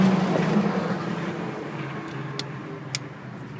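A new spark plug wire boot is pushed onto the spark plug terminal on the V8 engine of a Cutlass, a hard-to-reach spot, over a steady broadband rumble that slowly fades. Two short, sharp clicks ring out at 2.4 s and 3.0 s as the boot snaps into place. The boot is confirmed seated on the plug.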